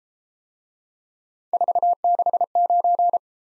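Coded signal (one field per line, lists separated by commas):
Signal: Morse code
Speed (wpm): 32 wpm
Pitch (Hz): 700 Hz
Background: none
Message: 469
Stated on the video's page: Morse practice drill of three-character letter-number groups that starts fast and slows to a 22 wpm base, with a final repeat at maximum speed.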